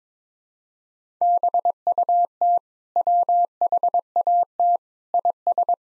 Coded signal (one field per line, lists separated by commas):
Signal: Morse code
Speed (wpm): 22 wpm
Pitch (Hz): 700 Hz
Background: none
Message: BUT WHAT IS